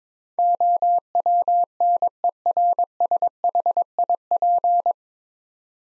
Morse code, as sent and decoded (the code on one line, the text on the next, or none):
--- .-- -. . .-. ... .... .. .--.
OWNERSHIP